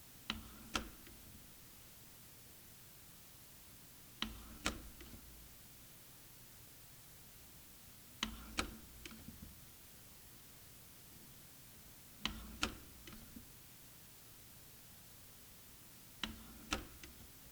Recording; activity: daily activity, guitar pickup as the sensor; manipulate door